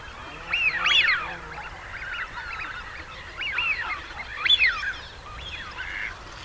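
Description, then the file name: Eurasian wigeon whistles, a loud wheeoo near the start and another after a pause, with softer whistles between. Male. "sviyaz golos samca"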